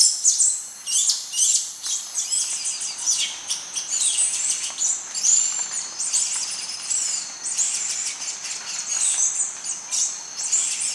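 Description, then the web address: Ochre-breasted tanager calls, a dense stream of high, sharp chattering notes overlapping continuously throughout. Ecuador. "Natures Songs S America Birds of Ecuador Ochre-breasted Tanager"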